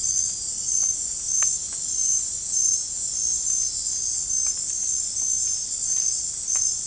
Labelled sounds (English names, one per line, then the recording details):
none
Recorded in dense forest near Puerto Asís, Putumayo, Colombia, on 27 June 2025 at 19:00
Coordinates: 0.503, -76.323
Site G059